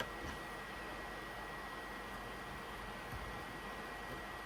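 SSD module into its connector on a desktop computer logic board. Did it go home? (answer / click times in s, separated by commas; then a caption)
no / none. A replacement SSD module is being handled at its connector slot on the logic board of a Mac mini M4 Pro desktop computer. A steady broadband hiss with a faint high tone runs throughout, with a brief sharp onset at 0.0 s and small soft bumps around 0.3 s and 3.1 s. The module has not seated or clicked into its connector yet.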